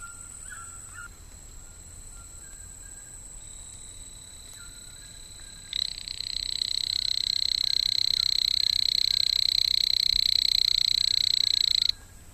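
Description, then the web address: Ruby poison frog calling, a high buzzy trill that starts suddenly midway and holds steady for about six seconds before stopping sharply; faint thin tones beforehand. Ecuadorian Amazon. "Natures Songs. Frogs of Ecuadorian Amazon Epipedobates parvulus"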